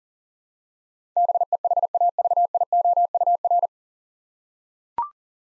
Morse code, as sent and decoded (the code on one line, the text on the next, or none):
-... . .... .- ...- .. --- ..- .-.
BEHAVIOUR